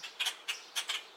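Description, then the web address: Purple martin calls: several short, scratchy chirps in quick, uneven bursts, with no other sounds. "sound-effects-bible Bird Purple Martins"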